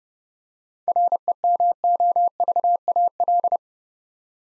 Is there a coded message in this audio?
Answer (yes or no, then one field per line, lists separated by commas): yes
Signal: Morse code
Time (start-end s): 0.9-3.6 s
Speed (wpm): 30 wpm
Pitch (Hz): 700 Hz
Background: none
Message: REMOVAL